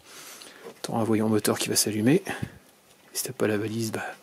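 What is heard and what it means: While refitting parts in the engine bay of a 2006 Mercedes C200 CDI after a water pump and belt job, someone talks while handling a connector, most likely a plastic electrical plug, near its socket. The connector has not seated or clicked yet at the end of the clip.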